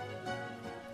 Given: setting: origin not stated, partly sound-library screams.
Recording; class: one-second piece from a danger detection set; normal situation